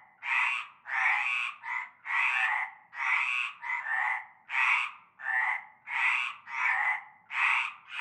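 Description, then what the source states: Chorus of frogs with coarse croaks, some long and some short, overlapping irregularly at a brisk rhythm. Chorus of frogs at nightfall in a large concrete basin with stagnant greenish water, Avenue Cante Coucou, Groupède, La Ciotat, Bouches-du-Rhône, France.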